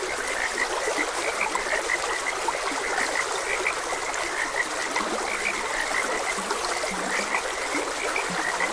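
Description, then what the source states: Frogs croaking in a dense chorus, many short calls repeating around a steady mid-high band with a few low croaks, over constant flowing stream water. Frogs croaking beside a gentle stream.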